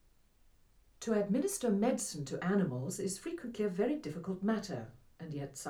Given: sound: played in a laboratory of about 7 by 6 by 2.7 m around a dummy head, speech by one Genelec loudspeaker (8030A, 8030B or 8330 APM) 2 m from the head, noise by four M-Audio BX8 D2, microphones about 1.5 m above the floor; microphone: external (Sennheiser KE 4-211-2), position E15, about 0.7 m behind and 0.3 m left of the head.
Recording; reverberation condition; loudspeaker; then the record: female speech in English; low; 30 degrees to the left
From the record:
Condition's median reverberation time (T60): about 310 ms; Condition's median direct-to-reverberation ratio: about 3.5 dB